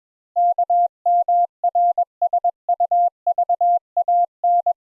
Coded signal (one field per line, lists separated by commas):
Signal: Morse code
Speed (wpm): 21 wpm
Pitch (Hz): 700 Hz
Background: none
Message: KMRSUVAN